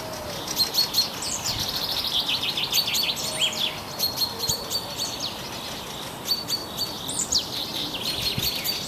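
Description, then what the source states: Dense high-pitched bird twittering: rapid chirps and trills repeated in lively clusters across the whole stretch. Birdsong in a forest.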